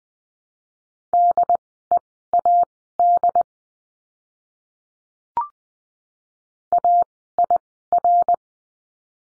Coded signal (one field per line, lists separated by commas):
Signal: Morse code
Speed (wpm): 20 wpm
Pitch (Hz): 700 Hz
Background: none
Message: DEAD AIR